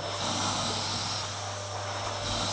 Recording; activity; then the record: daily activity, microphone in the room; vacuum cleaning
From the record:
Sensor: 3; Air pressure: 991.8 hPa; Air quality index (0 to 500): 196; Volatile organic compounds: 1000 ppm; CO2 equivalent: 6627 ppm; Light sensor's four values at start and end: 16/50/20/19 and 16/50/20/19